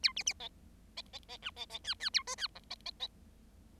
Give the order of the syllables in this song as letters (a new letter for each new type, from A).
A B B C C C C D C C E E A F E G C C C